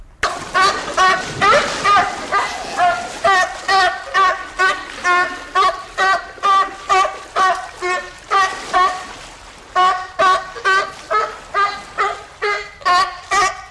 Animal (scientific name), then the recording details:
Zalophus californianus. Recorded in captivity. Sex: diverse. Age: diverse. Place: Zoo Osnabrück, Niedersachsen, DE. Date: 1991-09-09. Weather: overcast, 13°C. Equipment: Marantz CP 430, Kopie Tesla B 116. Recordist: Tembrock, Günter